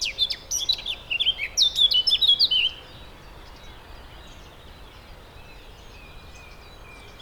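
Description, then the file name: Eurasian blackcap song: a rapid burst of twittering and whistled notes for under three seconds, then near silence with a faint steady background hiss. "Sylvia atricapilla"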